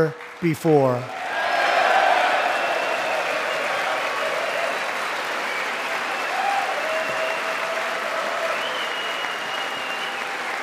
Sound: applause

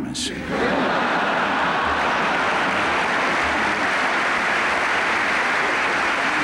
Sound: laughter

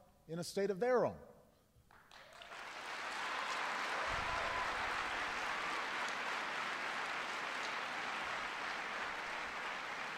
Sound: applause

